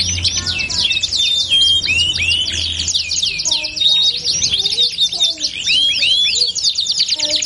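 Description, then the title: Belgian canary song, dense and high: looping trills, sliding whistles and quick chirps overlapping continuously, with a faint low hum early on. Song used to warm up canaries and prompt them to start singing. "Canto Para Esquentar Canário Belga. LANGSUNG NYAUT. Pancingan suara kenari hitungan detik langsung ikut bunyi"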